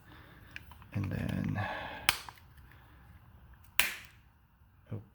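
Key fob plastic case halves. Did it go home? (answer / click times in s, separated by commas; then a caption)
yes / 3.8 s. Someone talks while pressing the plastic case halves of a Cadillac XT5 key fob back together after a battery replacement. A sharp snap is heard at about 2.1 s, then a loud sharp click at 3.8 s as the case pops back into place, fully seated.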